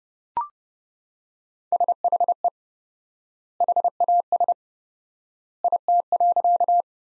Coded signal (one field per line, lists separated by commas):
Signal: Morse code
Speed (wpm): 30 wpm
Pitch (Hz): 700 Hz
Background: none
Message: SHE HAS IT.